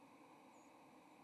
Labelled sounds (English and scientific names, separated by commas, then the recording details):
White-throated Sparrow (Zonotrichia albicollis) flight call
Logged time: 07:04 on 30 October 2014